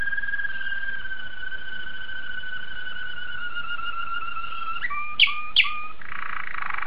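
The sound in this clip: Domestic canary song: a long steady whistled tone slowly falling, then two sharp notes and a brief buzzy trill.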